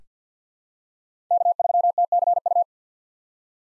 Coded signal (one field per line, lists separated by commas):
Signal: Morse code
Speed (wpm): 46 wpm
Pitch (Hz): 700 Hz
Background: none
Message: K3TCU